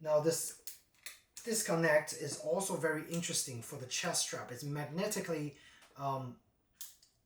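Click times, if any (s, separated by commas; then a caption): 6.8 s. Someone talks while bringing the two halves of the magnetic chest-strap buckle on a DB Sømløs 32L rolltop waterproof backpack together. The buckle snaps shut with a short, sharp click at 6.8 s, followed by a faint tick at 7.0 s, and it locks in place.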